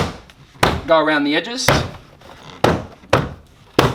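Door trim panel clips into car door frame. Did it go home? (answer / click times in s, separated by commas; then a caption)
yes / 2.6 s, 3.1 s, 3.8 s. Someone talks while the plastic interior door card (trim panel) of an FG Falcon is pressed firmly around its edges so its retaining clips snap into the car door frame, with firm force needed so the clips take up the slack. Loud thunks are heard at 2.6, 3.1 and 3.8 seconds as the clips push home and the panel is seated.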